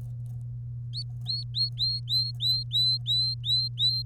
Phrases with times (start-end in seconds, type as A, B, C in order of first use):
0.93-4.02 A